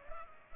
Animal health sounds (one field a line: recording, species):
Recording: mosquito wingbeat signal from an infrared sensor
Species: Culex pipiens